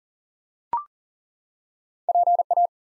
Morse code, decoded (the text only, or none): PA